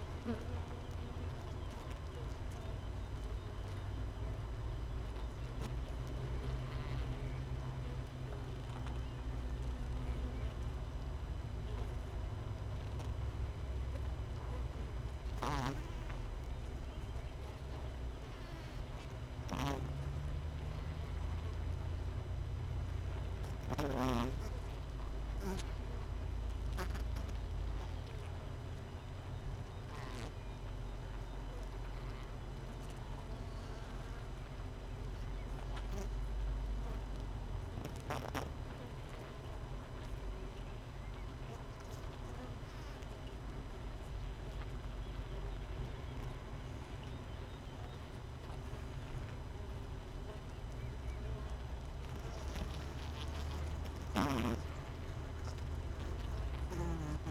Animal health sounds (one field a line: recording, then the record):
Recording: honeybee colony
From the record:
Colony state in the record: missing queen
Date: 31 May 2018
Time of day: 6:36